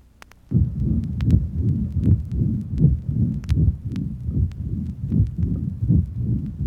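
An adult heart heard through a stethoscope with a heart murmur; about 78 beats per minute, low-pitched and somewhat irregular.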